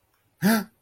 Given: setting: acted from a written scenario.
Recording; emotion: vocal sound without words; fear